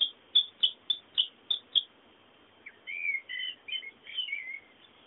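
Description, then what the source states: Bird calls: a quick series of short sharp chirps, then after a pause a run of warbled whistled notes, over faint hiss. Background birdsong.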